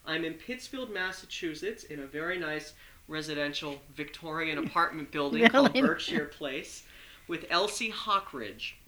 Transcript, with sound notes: I'm in Pittsfield, Massachusetts, in a very nice residential Victorian apartment building (laughs) on Berkshire Place, with Elsie Hockridge.